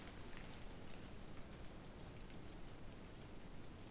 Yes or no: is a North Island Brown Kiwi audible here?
no